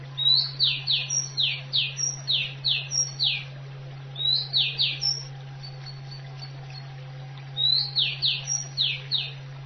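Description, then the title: Oriental magpie-robin singing loud bursts of rapid, sharply downslurred whistles, several notes per burst with short pauses between, over a constant low hum. "Kicau Kacer"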